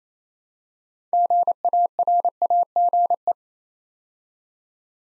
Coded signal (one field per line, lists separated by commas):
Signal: Morse code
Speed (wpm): 27 wpm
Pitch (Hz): 700 Hz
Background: none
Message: GARAGE